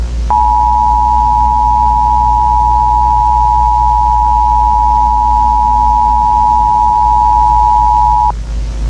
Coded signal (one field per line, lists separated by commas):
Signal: Emergency Alert System (SAME) tones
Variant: 853 and 960 Hz attention tone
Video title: EAS Scenario Cartooned to life p1 [unfinished]